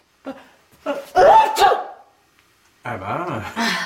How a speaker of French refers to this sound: Tu fais pas dans la demi-mesure, hein. Le bébé ne risque rien quand tu éternues comme ça.